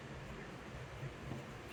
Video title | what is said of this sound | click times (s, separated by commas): 2006-2015 Audi Q7 Door Glass and Window Regulator Replacement Guide - Ensure Smooth Window Operation | That one did not lock. | none